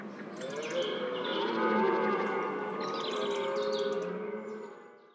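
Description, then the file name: Red deer bellowing, a drawn-out, low, harmonic moaning that swells and fades over five seconds, with small birds chirping above it. During the rut. "Deer Rut Brame Cerf"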